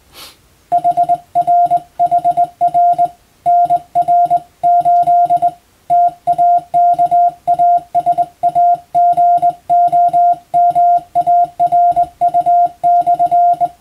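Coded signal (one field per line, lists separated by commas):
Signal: Morse code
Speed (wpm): 20 wpm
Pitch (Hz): 700 Hz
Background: music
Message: HRHR NR 8 TAKASAGOMARU/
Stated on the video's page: Morse sent with a telegraph key as training for the radiotelegraph operator licence exam, using English-text telegram practice material; also for amateur reception practice.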